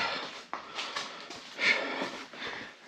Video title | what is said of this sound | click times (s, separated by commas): Buick Heater Core Replacement - A Cool Job | heard it click | 0.5 s